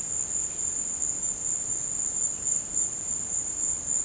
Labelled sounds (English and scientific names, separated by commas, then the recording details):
none
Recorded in pastures near Puerto Asís, Putumayo, Colombia, on 22 December 2024 at 15:00
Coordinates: 0.466, -76.322
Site G040